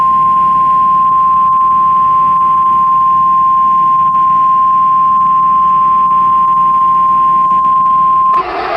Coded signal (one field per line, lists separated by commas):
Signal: Emergency Alert System (SAME) tones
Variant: 1050 Hz attention tone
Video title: eas mock #4: Houston tornado emergency did not complete the message..